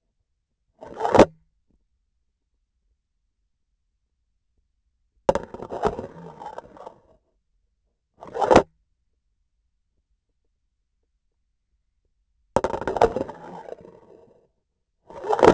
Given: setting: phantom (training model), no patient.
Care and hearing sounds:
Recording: laparoscopic instrument, vibration sensor on the handle end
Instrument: grasping forceps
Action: insertion and removal through the trocar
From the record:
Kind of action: spatial motion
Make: other than Olympus

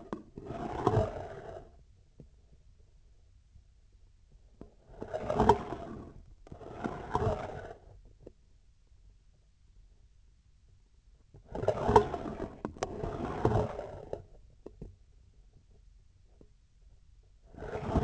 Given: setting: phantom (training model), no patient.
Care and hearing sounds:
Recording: laparoscopic instrument, vibration sensor on the handle end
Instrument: scissors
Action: approaching and retracting movements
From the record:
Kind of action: spatial motion

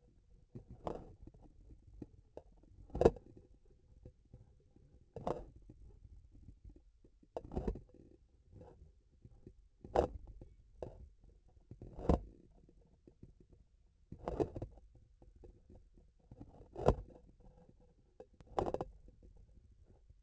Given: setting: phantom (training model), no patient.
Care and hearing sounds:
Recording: laparoscopic instrument, vibration sensor on the handle end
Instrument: grasping forceps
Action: opening and closing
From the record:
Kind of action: tool actuation without material contact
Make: Olympus

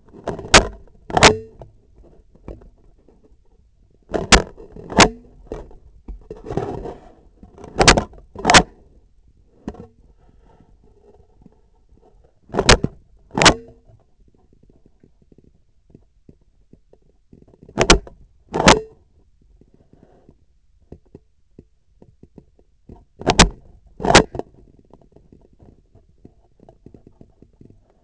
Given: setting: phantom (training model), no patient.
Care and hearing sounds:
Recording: laparoscopic instrument, vibration sensor on the handle end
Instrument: scissors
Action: opening and closing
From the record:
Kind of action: tool actuation without material contact

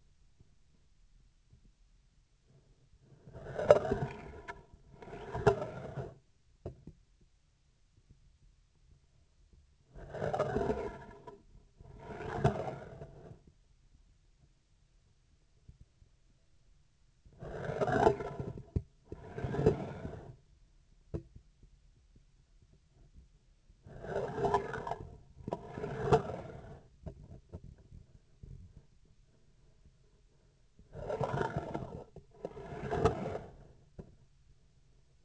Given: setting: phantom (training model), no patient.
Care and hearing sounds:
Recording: laparoscopic instrument, vibration sensor on the handle end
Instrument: scissors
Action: approaching and retracting movements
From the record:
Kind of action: spatial motion

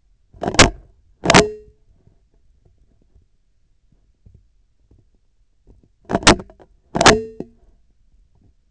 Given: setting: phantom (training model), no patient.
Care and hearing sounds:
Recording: laparoscopic instrument, vibration sensor on the handle end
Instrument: scissors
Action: opening and closing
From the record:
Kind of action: tool actuation without material contact

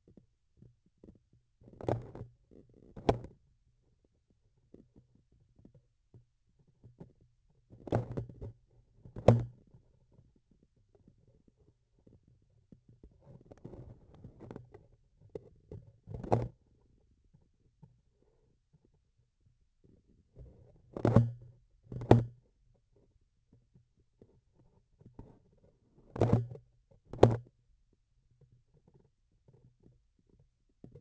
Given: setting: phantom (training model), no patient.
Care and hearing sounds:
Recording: laparoscopic instrument, vibration sensor on the handle end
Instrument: grasping forceps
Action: opening and closing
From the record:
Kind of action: tool actuation without material contact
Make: other than Olympus

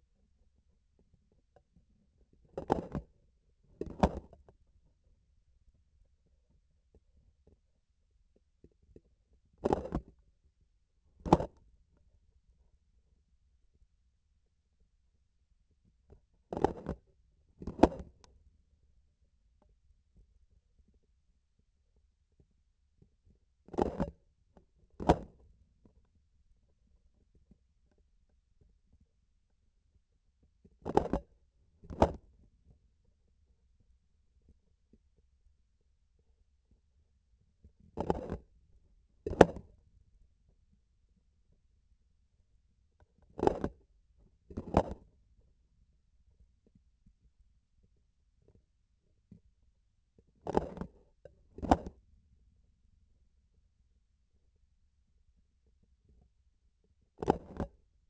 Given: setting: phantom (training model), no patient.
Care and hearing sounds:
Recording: laparoscopic instrument, vibration sensor on the handle end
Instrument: grasping forceps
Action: opening and closing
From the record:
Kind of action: tool actuation without material contact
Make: other than Olympus

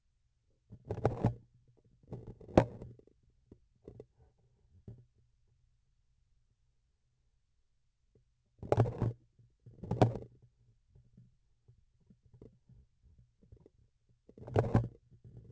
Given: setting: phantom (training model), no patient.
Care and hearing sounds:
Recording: laparoscopic instrument, vibration sensor on the handle end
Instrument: grasping forceps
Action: opening and closing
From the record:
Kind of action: tool actuation without material contact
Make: other than Olympus

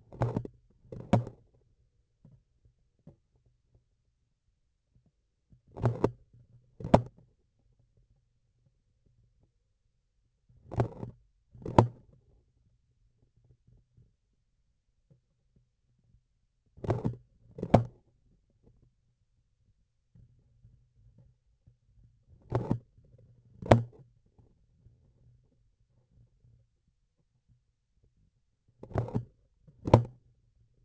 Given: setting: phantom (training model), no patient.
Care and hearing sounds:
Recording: laparoscopic instrument, vibration sensor on the handle end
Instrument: grasping forceps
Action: opening and closing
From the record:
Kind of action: tool actuation without material contact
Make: other than Olympus

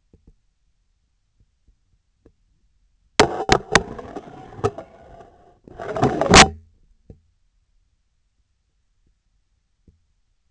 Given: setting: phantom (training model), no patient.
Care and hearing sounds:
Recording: laparoscopic instrument, vibration sensor on the handle end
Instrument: scissors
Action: insertion and removal through the trocar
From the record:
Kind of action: spatial motion

